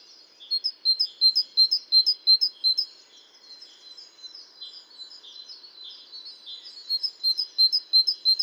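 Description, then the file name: Great tit delivering a fast, even series of shrill two-syllable phrases, a short quieter stretch, then the same pattern resumes. "Parus major"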